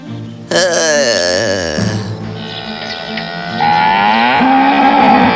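A cow moos loudly in a long, drawn-out low bellow that wavers in pitch and swells louder toward the end. No one speaks.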